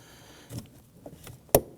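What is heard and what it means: The red plastic secondary lock tab on the ABS harness connector of a 2015-2020 Ford F-150 is pushed in to engage it, under the hood during a front wheel bearing and hub assembly replacement. A few faint taps and rustles lead up to one sharp, loud click at 1.5 s as the tab snaps in and the connector lock is seated.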